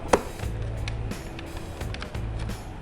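The inner liner of an X-Lite X-803 RS helmet is fitted into the helmet shell: its rear tabs are inserted, then the left and right tabs are pressed until they click, confirming it is installed perfectly. A sharp click at 0.1 s marks the tabs snapping home and the liner seated, followed by fainter ticks at 0.9, 1.9 and 2.0 s over a steady low hum.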